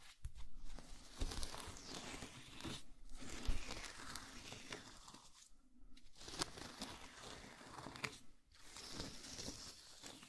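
Jelly sounds: wet, squishy, crackling textures with dense clicky detail, pressed and worked almost continuously. Brief pauses fall near 3, 5.5 and 8.5 seconds, and between them the squelching runs at a fairly steady level with occasional sharper pops.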